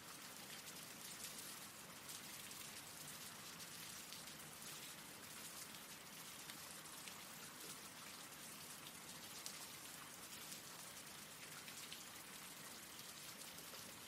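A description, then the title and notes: Rain falls steadily and densely throughout, a bright, even hiss of countless drops with faint scattered pattering and no pauses. RAIN SOUNDS.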